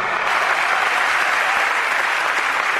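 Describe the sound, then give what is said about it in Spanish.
Sustained applause from an audience in Buenos Aires for conductor and first bandoneon player Daniel Vianelli, a dense, even wash of clapping that stays loud and steady throughout with no voices standing out. “Una trayectoria nacional e internacional del maestro Vianelli realmente encomiable para recibir el mejor aplauso de esta noche en el público de Buenos Aires.”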